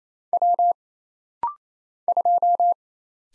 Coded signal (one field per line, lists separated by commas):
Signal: Morse code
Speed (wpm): 28 wpm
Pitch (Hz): 700 Hz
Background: none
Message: W 2